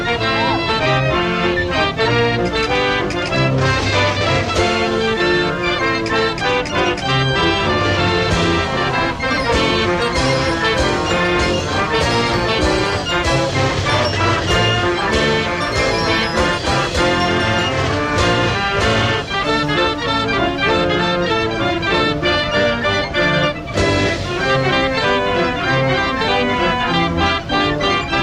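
Fairground sounds: loud, busy music plays without a break, full of quick shifting notes over a thumping low beat. The level stays high and steady throughout, with crowd and ride noise blended into the dense mix and a brief dip near 24 seconds.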